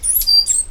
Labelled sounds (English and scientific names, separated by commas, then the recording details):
Stitchbird (Notiomystis cincta) song
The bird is a male
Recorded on Tiritiri Matangi Island, New Zealand, in 2005
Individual 8, of nest box 10